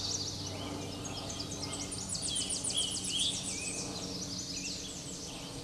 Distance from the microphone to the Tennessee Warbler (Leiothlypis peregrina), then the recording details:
about 30 m. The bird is about 15 m above the microphone. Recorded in a Pennsylvania forest on 16 May 2024 at 08:06. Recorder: AudioMoth, point MSD-1401. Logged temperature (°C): 16.4 °C. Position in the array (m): 55 m, 188 m